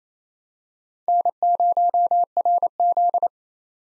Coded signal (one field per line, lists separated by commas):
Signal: Morse code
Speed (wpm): 28 wpm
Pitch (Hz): 700 Hz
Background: none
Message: N0RZ